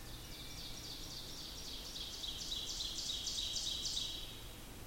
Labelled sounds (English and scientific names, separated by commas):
Ovenbird (Seiurus aurocapilla) song